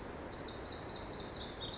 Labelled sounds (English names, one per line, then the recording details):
Pacific Wren
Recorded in Sonoma County, California